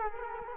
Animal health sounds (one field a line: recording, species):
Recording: mosquito wingbeat signal from an infrared sensor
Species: Culex quinquefasciatus